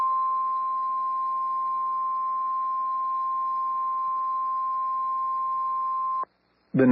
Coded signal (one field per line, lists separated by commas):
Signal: Emergency Alert System (SAME) tones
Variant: 1050 Hz attention tone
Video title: Severe Thunderstorm Warning (EAS 246)